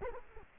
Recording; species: mosquito wingbeat signal from an infrared sensor; Culex quinquefasciatus